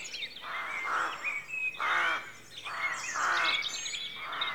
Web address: BBC Sound Effects Library BBC 52-Exterior Atmospheres-Rural Backg 04 Rookery Dawn